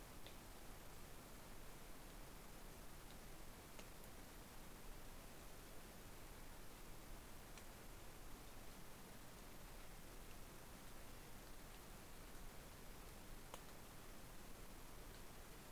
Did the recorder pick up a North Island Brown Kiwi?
no